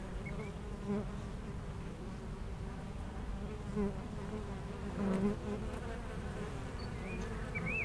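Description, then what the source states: Honey bees buzzing steadily in a low drone, with individual bees swelling louder as they pass; faint bird chirps at the end. Foraging honey bees flying back and forth to flowers between two hives at a garden apiary in Aix-les-Bains, France; some birds in the nearby woods.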